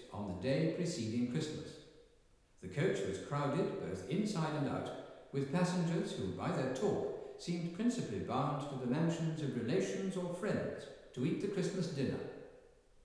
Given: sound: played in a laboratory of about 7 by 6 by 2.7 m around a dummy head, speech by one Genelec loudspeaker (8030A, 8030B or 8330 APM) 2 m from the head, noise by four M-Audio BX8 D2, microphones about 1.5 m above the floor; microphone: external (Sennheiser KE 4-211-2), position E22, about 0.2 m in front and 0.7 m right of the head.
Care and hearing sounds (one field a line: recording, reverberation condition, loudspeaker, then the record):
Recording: male speech in English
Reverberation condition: high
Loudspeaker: 30 degrees to the right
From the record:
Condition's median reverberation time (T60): about 1300 ms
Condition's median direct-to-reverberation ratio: about -4.0 dB